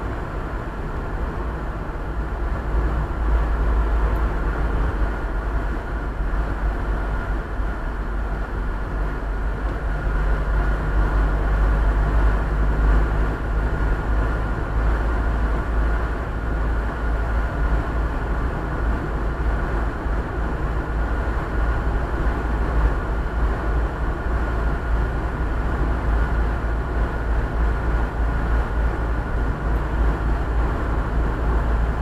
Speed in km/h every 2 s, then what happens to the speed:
58, 57, 53, 50, 48, 49, 50, 52, 53, 53, 53, 56, 55, 55, 54, 55.
0-8 slows to 48. 8-32 steady at about 53.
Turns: none.